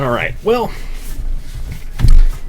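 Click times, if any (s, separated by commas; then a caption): 2.0 s. Someone talks, then a plastic panel on a Transformers Studio Series 86 Ironhide robot figure is pressed toward its locking peg during transformation, giving a short plastic click at 2.0 s. The part only partly seats and does not click all the way into place.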